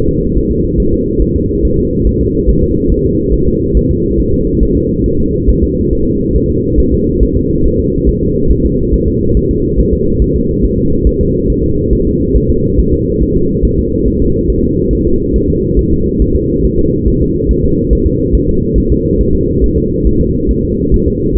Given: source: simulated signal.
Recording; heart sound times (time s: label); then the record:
fetal heart sounds
0.09 s: S2
0.38 s: S1
0.51 s: S2
0.80 s: S1
0.94 s: S2
1.22 s: S1
1.36 s: S2
1.65 s: S1
1.79 s: S2
2.07 s: S1
2.21 s: S2
2.49 s: S1
2.63 s: S2
2.92 s: S1
3.06 s: S2
3.34 s: S1
3.48 s: S2
3.77 s: S1
3.91 s: S2
4.20 s: S1
4.34 s: S2
4.63 s: S1
4.77 s: S2
5.06 s: S1
5.20 s: S2
5.49 s: S1
5.63 s: S2
5.93 s: S1
6.07 s: S2
6.36 s: S1
6.50 s: S2
6.80 s: S1
6.94 s: S2
7.23 s: S1
7.37 s: S2
7.66 s: S1
7.80 s: S2
8.09 s: S1
8.23 s: S2
8.51 s: S1
8.66 s: S2
8.94 s: S1
9.08 s: S2
9.37 s: S1
9.51 s: S2
9.79 s: S1
9.93 s: S2
10.22 s: S1
10.36 s: S2
10.64 s: S1
10.78 s: S2
11.07 s: S1
11.21 s: S2
11.50 s: S1
11.64 s: S2
11.93 s: S1
12.07 s: S2
12.36 s: S1
12.50 s: S2
12.79 s: S1
12.94 s: S2
13.22 s: S1
13.36 s: S2
13.65 s: S1
13.79 s: S2
14.08 s: S1
14.22 s: S2
14.50 s: S1
14.64 s: S2
14.93 s: S1
15.07 s: S2
15.36 s: S1
15.50 s: S2
15.79 s: S1
15.93 s: S2
16.22 s: S1
16.36 s: S2
16.65 s: S1
16.79 s: S2
17.08 s: S1
17.22 s: S2
17.51 s: S1
17.65 s: S2
17.93 s: S1
18.07 s: S2
18.35 s: S1
18.49 s: S2
18.78 s: S1
18.92 s: S2
19.21 s: S1
19.35 s: S2
19.64 s: S1
19.78 s: S2
20.07 s: S1
20.21 s: S2
20.51 s: S1
20.65 s: S2
20.94 s: S1
21.08 s: S2
21.37 s: S1
From the record:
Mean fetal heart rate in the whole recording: 140 bpm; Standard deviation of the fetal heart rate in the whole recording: 2 bpm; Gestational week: 34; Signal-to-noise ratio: -15.3 dB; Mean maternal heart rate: 72 bpm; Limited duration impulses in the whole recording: present